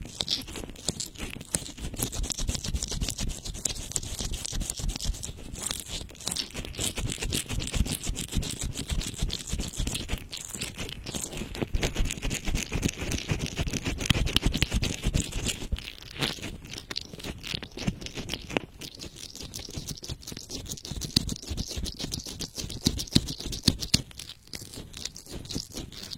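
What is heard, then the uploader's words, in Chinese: An ear massage made of dense, rapid crunching and scratchy rubbing that runs almost without pause for the whole stretch. The strokes come fast and irregular, with a low rumble under a bright, hissy edge, and brief lulls near 10, 16 and 24 seconds. 耳朵按摩。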